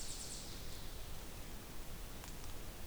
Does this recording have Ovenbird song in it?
no